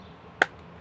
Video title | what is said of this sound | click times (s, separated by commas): How to Change the Virtue VIO Ascend Lens - Lone Wolf Paintball Michigan | so make sure and take the film off the inside if you guys are actually doing this with your goggles and then click you're gonna hear it snap | 0.4 s